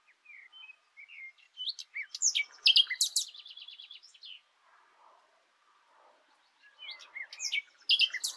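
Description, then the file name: Common nightingale song with quick upslurred and downslurred whistles, a loud burst of sharp notes and a short rattle, a pause, then more whistled chirps. "Luscinia megarhynchos"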